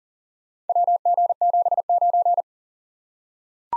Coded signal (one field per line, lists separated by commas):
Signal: Morse code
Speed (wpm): 40 wpm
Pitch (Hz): 700 Hz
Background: none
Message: WG79